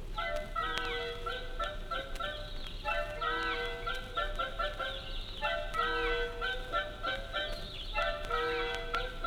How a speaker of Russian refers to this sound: А вот и наш старый скворец.